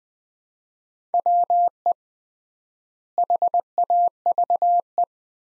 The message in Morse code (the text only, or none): WE HAVE